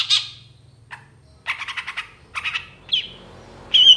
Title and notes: Cendet Gacor Dor Di Kala Pagi Toet Toet Variasi Suara. MASTERAN CENDET GACOR, PANCINGAN CENDET BIAR CEPAT GACOR. Burung cendet